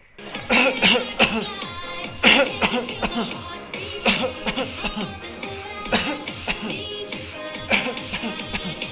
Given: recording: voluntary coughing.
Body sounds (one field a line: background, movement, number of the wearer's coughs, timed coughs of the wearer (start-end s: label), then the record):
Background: music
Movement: sitting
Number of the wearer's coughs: 14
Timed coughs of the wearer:
0.48-0.80 s: cough
0.80-1.17 s: cough
1.17-1.48 s: cough
2.21-2.59 s: cough
2.59-3.00 s: cough
3.00-3.29 s: cough
4.03-4.44 s: cough
4.44-4.73 s: cough
4.73-5.23 s: cough
5.90-6.33 s: cough
6.47-6.75 s: cough
7.68-8.01 s: cough
8.01-8.41 s: cough
8.52-8.80 s: cough
From the record:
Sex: male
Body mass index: 20.6 kg/m2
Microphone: on the chest, facing the body